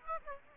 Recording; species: mosquito wingbeat signal from an infrared sensor; Aedes aegypti